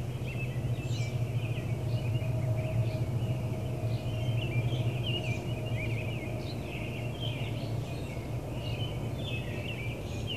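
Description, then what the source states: Birds chirping in scattered rapid twitters while a loud steady low rumble fills the background. Several birds chirping in an urban area.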